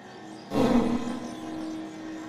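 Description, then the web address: Macaque giving a harsh, roaring call that bursts out suddenly and fades over about half a second, then a steady low hum continues beneath. "carte blanche a lldm sons macaques"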